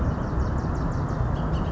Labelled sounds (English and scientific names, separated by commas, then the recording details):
Bullock's Oriole (Icterus bullockii)
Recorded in Sonoma County, California